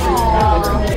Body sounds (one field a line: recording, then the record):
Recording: background sound without coughing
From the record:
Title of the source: Nightlife Party Simulating Party Club Noise 1 Hour